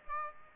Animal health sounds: mosquito wingbeat signal from an infrared sensor; Aedes aegypti

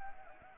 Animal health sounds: mosquito wingbeat signal from an infrared sensor; Anopheles arabiensis

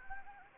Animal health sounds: mosquito wingbeat signal from an infrared sensor; Anopheles gambiae

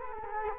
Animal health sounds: mosquito wingbeat signal from an infrared sensor; Culex quinquefasciatus

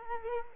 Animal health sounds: mosquito wingbeat signal from an infrared sensor; Culex quinquefasciatus

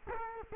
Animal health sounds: mosquito wingbeat signal from an infrared sensor; Culex quinquefasciatus

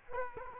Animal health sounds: mosquito wingbeat signal from an infrared sensor; Culex quinquefasciatus

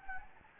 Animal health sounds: mosquito wingbeat signal from an infrared sensor; Anopheles gambiae

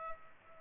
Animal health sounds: mosquito wingbeat signal from an infrared sensor; Culex pipiens

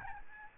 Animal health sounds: mosquito wingbeat signal from an infrared sensor; Aedes albopictus

